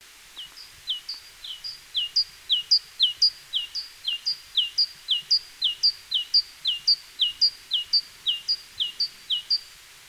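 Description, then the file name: Great tit's ringing two-note phrase, soft at first then stronger, repeated rhythmically about twice a second. "Parus major"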